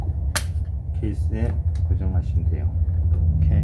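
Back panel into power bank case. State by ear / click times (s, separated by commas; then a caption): seated / 0.4 s. The back panel of a DIY power bank case holding four 21700 cells is pressed onto the case body and fixed in place with one sharp snap at 0.4 s. Afterward someone talks over a steady low rumble.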